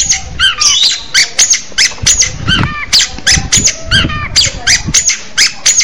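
Orange-headed thrush giving harsh, scratchy repeated notes mixed with brief downslurred whistles.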